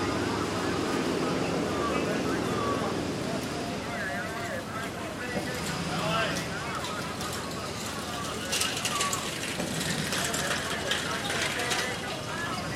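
A busy Hong Kong wet market recorded from the middle of the road beside it, with hawkers calling out and overlapping voices throughout. Traffic keeps up a steady low rumble underneath, and a burst of clattering, brighter noise rises after about eight seconds.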